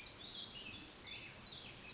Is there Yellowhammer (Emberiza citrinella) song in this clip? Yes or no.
no